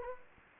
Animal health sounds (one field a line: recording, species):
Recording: mosquito wingbeat signal from an infrared sensor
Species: Anopheles gambiae